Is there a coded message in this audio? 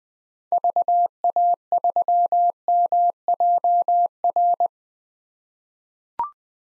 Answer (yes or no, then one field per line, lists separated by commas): yes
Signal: Morse code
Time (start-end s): 0.5-4.7 s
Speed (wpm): 20 wpm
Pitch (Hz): 700 Hz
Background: none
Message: VA3MJR